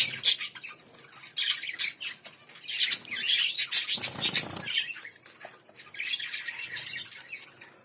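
White finch producing rapid, harsh high-pitched chattering in loud bursts, with a brief low thump midway and quieter scratchy notes toward the end.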